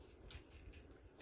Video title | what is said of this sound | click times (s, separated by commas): Transformers Armada sideways | he does have a little peg that snaps in there. | 0.3 s